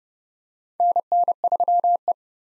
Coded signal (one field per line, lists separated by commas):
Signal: Morse code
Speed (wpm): 30 wpm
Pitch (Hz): 700 Hz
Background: none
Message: NN3E